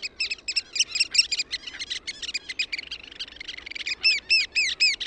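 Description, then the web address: Eurasian oystercatcher piping: rapid, shrill, ringing notes tumbling in a fast excited series, briefly softer in the middle, then loud, spaced kleep notes at the end. Recordist's own recording. "OMAT AANITYKSET MERIHARAKKA"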